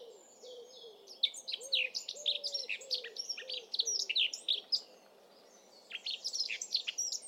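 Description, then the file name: Eurasian blackcap, busy scratchy warbling of high chirps and squeaky notes with one pause, over a soft lower series of repeated notes. "Sylvia atricapilla"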